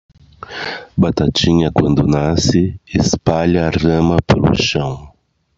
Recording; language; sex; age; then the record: short text; Brazilian Portuguese; male; 50 to 59 years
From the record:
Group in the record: control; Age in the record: 54 years